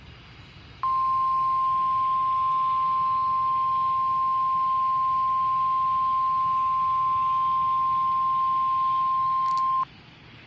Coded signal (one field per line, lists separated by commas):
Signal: Emergency Alert System (SAME) tones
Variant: 1050 Hz attention tone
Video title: 7/08/20 - Required Weekly Tests on KIG65 & KEC60 (EAS #20-21)